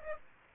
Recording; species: mosquito wingbeat signal from an infrared sensor; Aedes aegypti